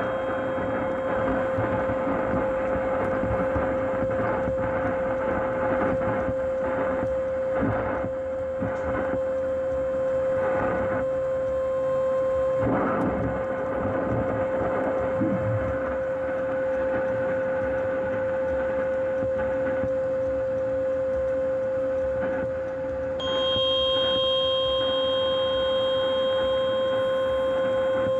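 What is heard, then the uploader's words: Radio frequency interference on an AM band: a steady, piercing whine holds at one pitch throughout over a dense hiss and low rumble. Pulsing bursts of static come and go in the first half, and a cluster of high tones joins after about 23 seconds. RF Radio Frequency Interference 1620AM.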